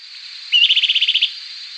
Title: LuckyPassaro Completos2Sama. Bran-colored Flycatcher (Myiophobus fasciatus)